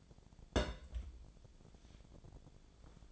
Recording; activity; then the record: daily activity, microphone in the room; place on stove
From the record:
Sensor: 5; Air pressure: 1000.1 hPa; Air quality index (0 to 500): 93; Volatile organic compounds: 1 ppm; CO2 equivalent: 759 ppm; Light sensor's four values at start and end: 318/746/324/363 and 318/744/324/363